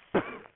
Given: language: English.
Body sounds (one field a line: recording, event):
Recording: throat vibration sensor signal played as sound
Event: cough